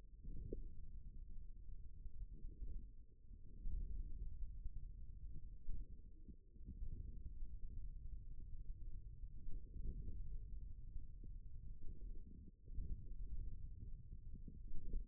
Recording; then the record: forearm muscle sounds (acoustic myography)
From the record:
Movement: wrist flexion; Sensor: system 1, eight BSWA MPA416 microphones around the upper forearm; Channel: 7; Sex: male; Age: 41 years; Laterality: right